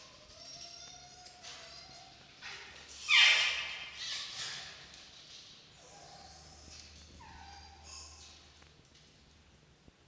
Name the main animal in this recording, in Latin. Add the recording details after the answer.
Vulpes vulpes. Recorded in captivity. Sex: group. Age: adult. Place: Zoologisches Institut der HUB, Berlin, DE. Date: 1953-02-23 17:50. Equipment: Elmetra. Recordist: Tembrock, Günter